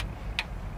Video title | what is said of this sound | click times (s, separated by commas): Chevy Cobalt Fuel filter location and replacement simple and easy | you go that little click right there | 0.4 s